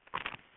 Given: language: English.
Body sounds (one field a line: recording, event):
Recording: throat vibration sensor signal played as sound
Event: swallow